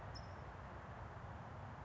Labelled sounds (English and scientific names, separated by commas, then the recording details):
California Towhee (Melozone crissalis)
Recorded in Sonoma County, California